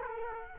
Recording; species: mosquito wingbeat signal from an infrared sensor; Culex quinquefasciatus